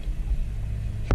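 On a 2012 Acura RDX seat belt retractor, the second plastic safety clip on the retractor's connector is pried out with a knife over a steady low rumble. It pops free with a sharp click at 1.1 s, releasing the clip.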